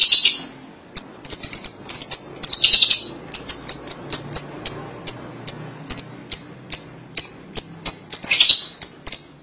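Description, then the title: Lovebird chirps: high, sharp chirps repeated rapidly, with short buzzy chatter bursts mixed in. "BM Suara Burung Lovebird"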